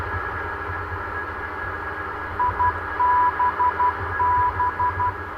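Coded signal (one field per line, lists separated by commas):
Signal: Morse code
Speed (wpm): 12 wpm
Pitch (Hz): 990 Hz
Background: radio noise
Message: IBB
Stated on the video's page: Morse heard in Flight Simulator X during the descent and ILS approach of a 747.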